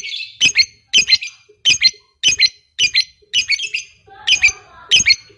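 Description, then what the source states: Lovebird giving shrill, harsh chirps in quick double and triple bursts, repeated about twice a second with short silent gaps between. Fighter-type lovebird.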